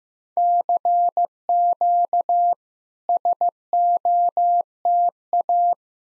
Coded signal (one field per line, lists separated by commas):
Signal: Morse code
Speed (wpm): 15 wpm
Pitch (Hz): 700 Hz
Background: none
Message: CQ SOTA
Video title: SOTA QSO Practice 15wpm